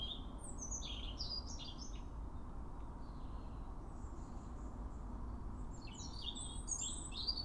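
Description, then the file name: European robin song: thin, high warbled phrases with quick sweeping notes near the start and again after six seconds, over a steady low rumble. "Erithacus rubecula"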